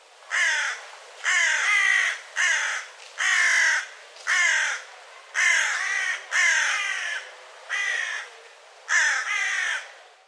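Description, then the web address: Bird calling with a steady run of harsh caws, nine or so grating notes spaced about a second apart. "cianscape birddata Deverinetal 2025 File cleaned normalized Bird"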